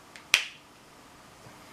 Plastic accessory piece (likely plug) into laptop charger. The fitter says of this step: snug firm fit it snapped into place